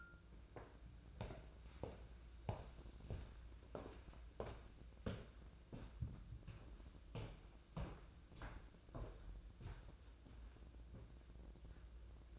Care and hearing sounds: daily activity, microphone in the room; walk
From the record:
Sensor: 2

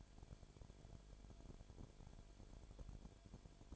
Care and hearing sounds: daily activity, microphone in the room; no activity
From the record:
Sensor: 5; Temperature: 19.9 degrees Celsius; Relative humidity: 35.5%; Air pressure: 1003.4 hPa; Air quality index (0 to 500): 58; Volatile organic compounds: 1 ppm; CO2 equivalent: 639 ppm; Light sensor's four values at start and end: 2/3/1/1 and 2/3/1/1

